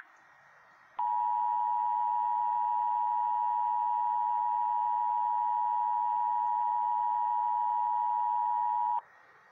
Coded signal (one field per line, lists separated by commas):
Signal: Emergency Alert System (SAME) tones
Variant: 853 and 960 Hz attention tone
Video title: EAS 619 TOR NWS RUSKIN